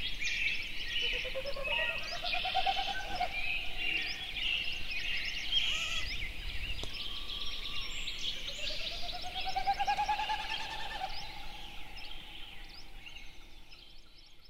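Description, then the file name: Snipe giving a pulsed, hollow hooting run that swells and rises, heard twice, under a busy chorus of high chirping songbirds. "080621-0433 snipes"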